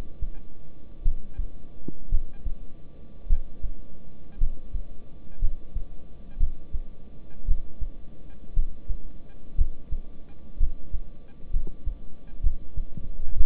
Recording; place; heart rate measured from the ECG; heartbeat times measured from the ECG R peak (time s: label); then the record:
heart sounds by stethoscope; between the tricuspid and mitral areas; 58 bpm
1.02 s: heartbeat
2.09 s: heartbeat
3.27 s: heartbeat
4.38 s: heartbeat
5.39 s: heartbeat
6.38 s: heartbeat
7.46 s: heartbeat
8.54 s: heartbeat
9.56 s: heartbeat
10.58 s: heartbeat
11.51 s: heartbeat
12.41 s: heartbeat
13.35 s: heartbeat
From the record:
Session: rest, lying down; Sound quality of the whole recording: good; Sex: male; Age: 26 years